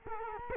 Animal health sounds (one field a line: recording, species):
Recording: mosquito wingbeat signal from an infrared sensor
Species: Culex quinquefasciatus